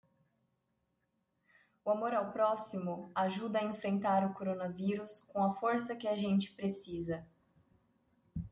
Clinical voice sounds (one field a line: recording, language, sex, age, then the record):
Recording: spoken sentence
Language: Brazilian Portuguese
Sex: female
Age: 30 to 39 years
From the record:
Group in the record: control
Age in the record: 31 years